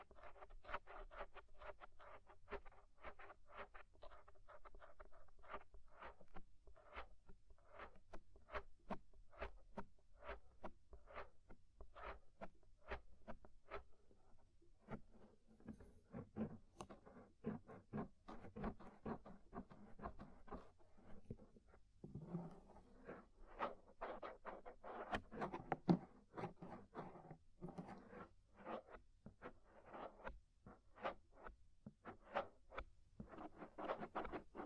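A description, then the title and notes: Inner and outer ear scraping: a dense run of short, crackling scratches and rubs fills the whole clip, with bursts every fraction of a second. The first half sits over a faint steady hum, while after about fifteen seconds the scraping turns fuller and louder. Inner and Outer Ear Scraping (No Talking).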